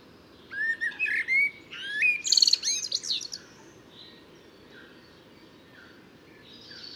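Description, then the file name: Common blackbird delivering one rich warbling phrase ending in a high squeaky flourish, then only faint bird notes and background noise. "Turdus merula"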